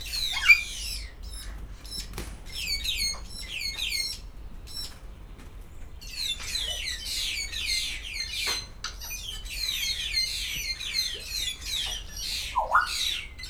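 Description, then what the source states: Grey parrot calls: rapid series of chattering, whistled notes in long bursts with pauses and a few rising whistles, over a faint hum. Grey parrot at Szeged Zoo, recorded 2011.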